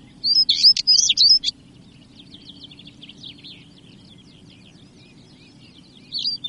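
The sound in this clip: European stonechat gives a short burst of scratchy, high chirping notes, then another brief phrase at the end, with faint twittering and a low steady rumble between.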